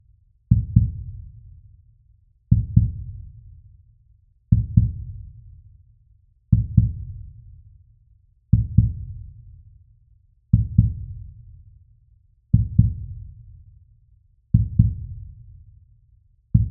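A steady, slow heartbeat at about 30 beats per minute. Each beat is a deep, low-pitched lub-dub double thump that fades into a brief rumble, with quiet pauses between beats.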